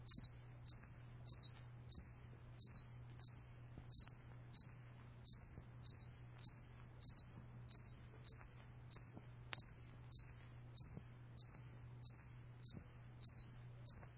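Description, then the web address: Cricket giving a steady series of brief, shrill chirps, roughly one and a half per second, with a continuous low hum beneath. "sammymaudlin cricket"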